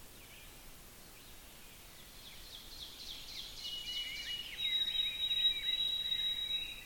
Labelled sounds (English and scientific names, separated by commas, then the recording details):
Ovenbird (Seiurus aurocapilla) song
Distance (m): 80 m
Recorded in boreal forest in Alberta, Canada, on 5 June 2016 at 05:03
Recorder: SongMeter 3, array SBT-3-51
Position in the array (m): 266 m, 100 m
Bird 28